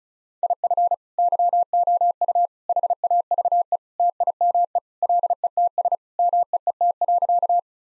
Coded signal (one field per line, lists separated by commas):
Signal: Morse code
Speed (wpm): 36 wpm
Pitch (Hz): 700 Hz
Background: none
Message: IF YOU HAVE TIME LETS MEET.